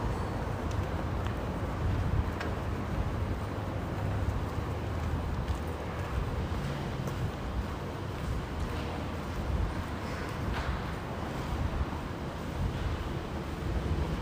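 A vehicle ride with a steady, heavy low rumble and hiss that holds an even level for the whole stretch. Faint brief clicks and knocks surface now and then, with a murmur of speech low in the background.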